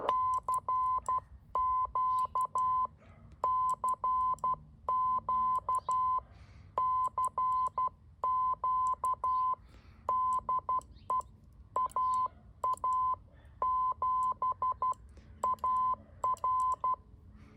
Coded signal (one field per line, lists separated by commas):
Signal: Morse code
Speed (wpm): 12 wpm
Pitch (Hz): 1020 Hz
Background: none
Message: CQ CQ CQ DE AA7AR